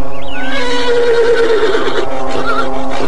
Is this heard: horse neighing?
yes